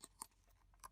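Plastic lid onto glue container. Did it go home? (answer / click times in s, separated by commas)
no / none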